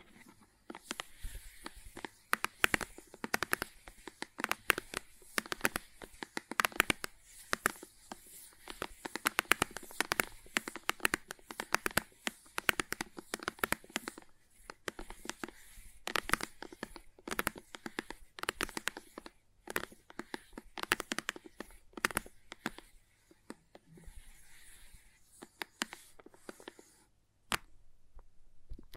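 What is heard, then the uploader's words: Crayons tap, scrape and scratch in dense, irregular bursts of sharp clicks, thinning out near the end. ASMR Sleepy Crayons Tapping, Carving, Cutting, Drawing Sounds (No Talking).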